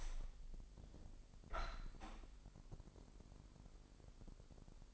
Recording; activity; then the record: daily activity, microphone in the room; open window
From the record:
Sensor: 5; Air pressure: 1000.3 hPa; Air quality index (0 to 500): 248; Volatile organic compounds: 35 ppm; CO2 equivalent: 3056 ppm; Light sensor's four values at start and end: 34/79/31/30 and 34/79/31/30